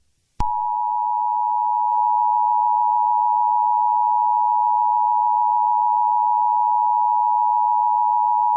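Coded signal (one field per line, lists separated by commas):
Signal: Emergency Alert System (SAME) tones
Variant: 853 and 960 Hz attention tone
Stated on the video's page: EAS tones in a fictional, made-up emergency alert scenario inspired by another scenario.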